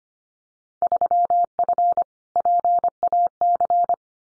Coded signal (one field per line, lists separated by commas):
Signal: Morse code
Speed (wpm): 25 wpm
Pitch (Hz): 700 Hz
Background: none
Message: 3F PAC